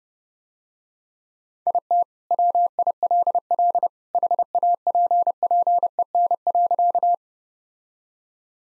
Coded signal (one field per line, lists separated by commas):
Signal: Morse code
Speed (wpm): 30 wpm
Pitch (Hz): 700 Hz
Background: none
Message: IT WILL HAPPEN.